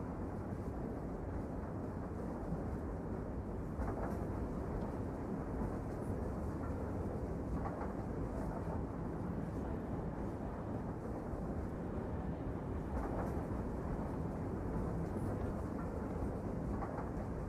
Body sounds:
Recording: background sound without coughing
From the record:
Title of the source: Train Ride Ambience ambient white noise for sleeping, focus, studying, reading

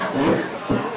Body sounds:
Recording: coughing mixed with background sound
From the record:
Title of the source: Spring Cold Coughing 3

